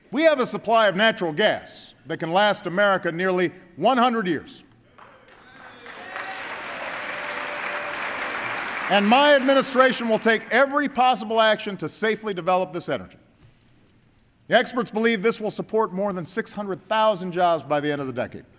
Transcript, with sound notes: We have a supply of natural gas that can last America nearly 100 years. (Applause.) And my administration will take every possible action to safely develop this energy. Experts believe this will support more than 600,000 jobs by the end of the decade.